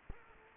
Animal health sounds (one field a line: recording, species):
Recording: mosquito wingbeat signal from an infrared sensor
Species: Culex quinquefasciatus